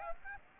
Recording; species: mosquito wingbeat signal from an infrared sensor; Aedes aegypti